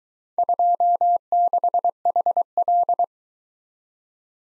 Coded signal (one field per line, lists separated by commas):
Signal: Morse code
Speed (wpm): 22 wpm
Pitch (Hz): 700 Hz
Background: none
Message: 26HL